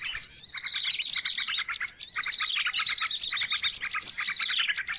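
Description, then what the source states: Bird chatter of rapid, squeaky notes and falling whistles, packed tightly together with a few quick trilled runs. Noisy bird chatter, intended as a lure for catching birds.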